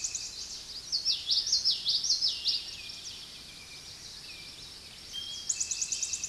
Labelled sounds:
Common Yellowthroat song
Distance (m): 15 m
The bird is about 5 m above the microphone
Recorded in a Pennsylvania forest on 16 May 2024 at 06:37
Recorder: AudioMoth, point MSD-2061
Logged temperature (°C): 16.1 °C
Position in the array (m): 232 m, 176 m

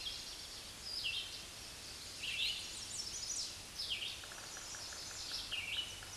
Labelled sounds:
Red-eyed Vireo song
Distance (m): 20 m
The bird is about 15 m above the microphone
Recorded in a Pennsylvania forest on 16 May 2024 at 06:43
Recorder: AudioMoth, point MSD-0079
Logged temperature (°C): 16.1 °C
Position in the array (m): 164 m, 72 m

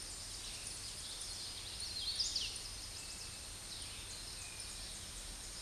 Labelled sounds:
Hooded Warbler song
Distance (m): 25 m
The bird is about 10 m above the microphone
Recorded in a Pennsylvania forest on 16 May 2024 at 07:48
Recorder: AudioMoth, point MSD-0398
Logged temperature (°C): 16.4 °C
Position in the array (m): 154 m, 107 m

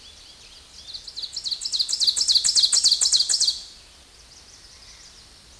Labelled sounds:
Ovenbird song
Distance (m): 5 m
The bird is about level with the microphone
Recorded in a Pennsylvania forest on 16 May 2024 at 07:22
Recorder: AudioMoth, point MSD-0475
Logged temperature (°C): 12.3 °C
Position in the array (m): 149 m, -6 m

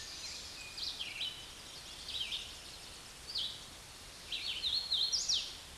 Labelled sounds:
Red-eyed Vireo song
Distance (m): 30 m
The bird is about 25 m above the microphone
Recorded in a Pennsylvania forest on 16 May 2024 at 08:31
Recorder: AudioMoth, point MSD-2258
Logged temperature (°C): 15.2 °C
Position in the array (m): 166 m, 72 m

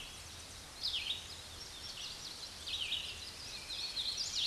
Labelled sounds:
Red-eyed Vireo song
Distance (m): 20 m
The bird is about 10 m above the microphone
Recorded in a Pennsylvania forest on 16 May 2024 at 07:18
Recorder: AudioMoth, point MSD-2258
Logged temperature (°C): 15.2 °C
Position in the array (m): 157 m, 66 m

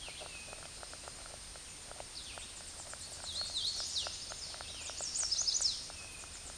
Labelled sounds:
Hooded Warbler song
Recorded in a Pennsylvania forest on 16 May 2024 at 08:24
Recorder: AudioMoth, point MSD-0398
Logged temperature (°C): 16.4 °C
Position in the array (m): 176 m, 115 m

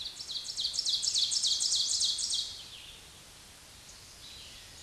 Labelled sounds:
Ovenbird song
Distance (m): 15 m
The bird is about 10 m above the microphone
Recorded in a Pennsylvania forest on 16 May 2024 at 06:28
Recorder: AudioMoth, point MSD-2376
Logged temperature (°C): 16.7 °C
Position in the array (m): 136 m, 4 m

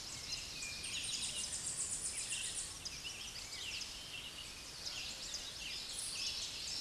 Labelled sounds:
Tennessee Warbler song
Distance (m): 45 m
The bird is about 5 m above the microphone
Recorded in a Pennsylvania forest on 16 May 2024 at 09:21
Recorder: AudioMoth, point MSD-2478
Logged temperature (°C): 15.6 °C
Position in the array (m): 11 m, 194 m

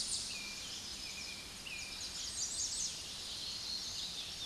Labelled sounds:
American Redstart song
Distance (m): 45 m
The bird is about 5 m above the microphone
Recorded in a Pennsylvania forest on 16 May 2024 at 06:36
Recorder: AudioMoth, point MSD-2143
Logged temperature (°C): 16.0 °C
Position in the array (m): 29 m, 185 m

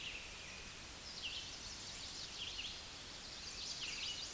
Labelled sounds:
Red-eyed Vireo song
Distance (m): 30 m
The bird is about 15 m above the microphone
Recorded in a Pennsylvania forest on 16 May 2024 at 09:36
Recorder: AudioMoth, point MSD-0079
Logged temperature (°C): 16.1 °C
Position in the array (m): 181 m, 75 m

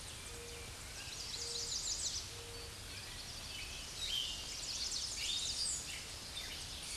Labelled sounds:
American Redstart song
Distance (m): 60 m
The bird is about 20 m above the microphone
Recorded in a Pennsylvania forest on 16 May 2024 at 07:42
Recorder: AudioMoth, point MSD-0827
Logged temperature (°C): 12.1 °C
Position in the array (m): 169 m, 223 m

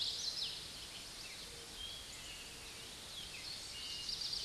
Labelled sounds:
Eastern Towhee song
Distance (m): 35 m
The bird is about level with the microphone
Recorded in a Pennsylvania forest on 16 May 2024 at 06:10
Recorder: AudioMoth, point MSD-1418
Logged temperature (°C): 16.4 °C
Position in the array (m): 190 m, 161 m

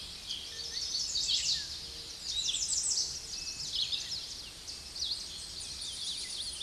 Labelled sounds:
American Redstart song
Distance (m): 15 m
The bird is about 10 m above the microphone
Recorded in a Pennsylvania forest on 16 May 2024 at 06:54
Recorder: AudioMoth, point MSD-2377
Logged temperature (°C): 16.1 °C
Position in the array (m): 122 m, 209 m

